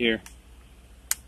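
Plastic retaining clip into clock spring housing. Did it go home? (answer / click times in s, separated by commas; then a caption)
yes / 1.1 s. Someone briefly talks as the smaller of two plastic retaining clips is pressed into the clock spring housing on a Hyundai clock spring assembly. A single short, sharp click is heard at 1.1 s, and the clip seats in place.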